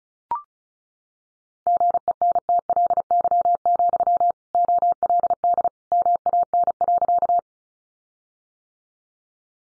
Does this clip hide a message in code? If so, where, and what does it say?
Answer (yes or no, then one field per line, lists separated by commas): yes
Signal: Morse code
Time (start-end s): 1.7-7.4 s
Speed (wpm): 34 wpm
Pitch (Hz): 700 Hz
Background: none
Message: GENTLY, OLD MAN.